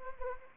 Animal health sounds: mosquito wingbeat signal from an infrared sensor; Anopheles gambiae

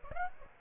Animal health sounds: mosquito wingbeat signal from an infrared sensor; Aedes aegypti

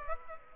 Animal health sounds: mosquito wingbeat signal from an infrared sensor; Aedes aegypti

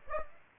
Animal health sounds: mosquito wingbeat signal from an infrared sensor; Aedes aegypti

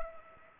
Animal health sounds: mosquito wingbeat signal from an infrared sensor; Culex pipiens

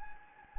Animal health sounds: mosquito wingbeat signal from an infrared sensor; Anopheles gambiae

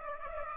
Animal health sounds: mosquito wingbeat signal from an infrared sensor; Aedes aegypti

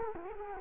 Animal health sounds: mosquito wingbeat signal from an infrared sensor; Culex quinquefasciatus

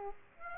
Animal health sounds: mosquito wingbeat signal from an infrared sensor; Aedes aegypti

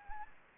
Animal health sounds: mosquito wingbeat signal from an infrared sensor; Anopheles gambiae

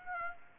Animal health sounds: mosquito wingbeat signal from an infrared sensor; Aedes aegypti

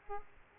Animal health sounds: mosquito wingbeat signal from an infrared sensor; Aedes aegypti

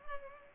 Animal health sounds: mosquito wingbeat signal from an infrared sensor; Culex pipiens

